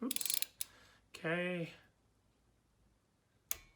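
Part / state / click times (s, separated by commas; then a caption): spark plug into engine cylinder head, tightened with torque wrench / torque reached / 3.5 s. A spark plug is tightened into the cylinder head of a 2019 Yamaha Waverunner EX Sport personal watercraft engine with a click-type torque wrench set to about 115 inch-pounds. A burst of quick rattling taps opens the clip, someone talks briefly, and then the wrench gives a sharp click at 3.5 s. The plug is confirmed torqued down.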